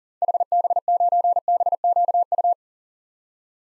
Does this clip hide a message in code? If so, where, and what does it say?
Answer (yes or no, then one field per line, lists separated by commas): yes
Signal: Morse code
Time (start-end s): 0.2-2.5 s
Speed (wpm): 40 wpm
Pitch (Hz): 700 Hz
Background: none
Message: HB9BQU